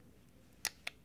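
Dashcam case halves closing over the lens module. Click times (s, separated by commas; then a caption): 0.6 s, 0.9 s. With the lens module seated in its groove, the plastic case halves of a small Mobius dashcam are pressed together; the lens has to sit in that groove or the case won't close. Two sharp snaps ring out at 0.7 s and 0.9 s over quiet background hiss, and the case is confirmed closed properly.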